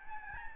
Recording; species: mosquito wingbeat signal from an infrared sensor; Aedes albopictus